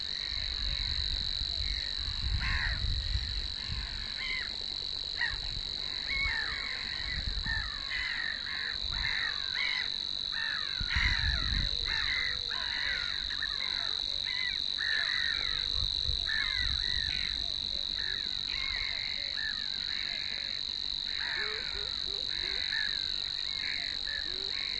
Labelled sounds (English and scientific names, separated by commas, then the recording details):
Savi's Warbler (Locustella luscinioides) song
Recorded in the wild
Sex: male
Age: adult
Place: Warsow, Kummerower See, Mecklenburg-Vorpommern, DE
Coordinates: 53.8364, 12.8372
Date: 2012-05-24 05:24
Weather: 8°C, sunny, weak winds from NE
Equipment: Sound Devices 702, Sennheiser MKH 70, Rycote Windschutz
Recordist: Frommolt, Karl-Heinz
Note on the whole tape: Polder Große Rosin bei Warsow: Gesang eines Rohrschwirls. Entfernung 20 m. Tier singt auf Spitze eines Typha-Stengels. Z.T. sehr gute Aufnahmequalität, teilweise starke Windgeräusche